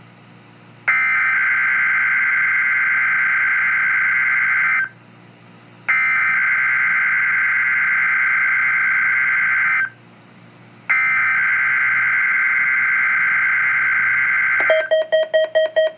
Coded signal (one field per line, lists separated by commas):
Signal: Emergency Alert System (SAME) tones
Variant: header bursts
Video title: EAS #77 - Required Weekly Test